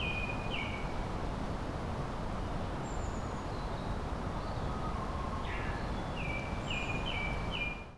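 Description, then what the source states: Tit calls: short, high, clipped notes, mostly silent in the middle, ending in a quick run of repeated notes, over constant loud rumbling noise. Recorded on 3 May 2025 at Kotori no Mori.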